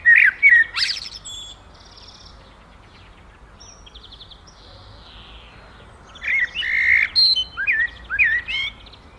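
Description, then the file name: Common blackbird song: a burst of fluty, warbled phrases ending in squeaky high twitters, a few seconds of quiet, then another run of rich warbling notes. "lintu amselgesang"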